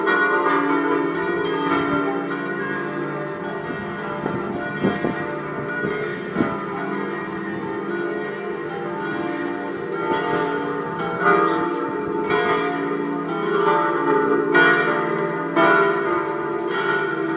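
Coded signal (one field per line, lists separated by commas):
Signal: bell signal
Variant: Italian swung church bells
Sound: several large church bells swinging and clanging continuously in overlapping festive peal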